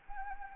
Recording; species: mosquito wingbeat signal from an infrared sensor; Anopheles arabiensis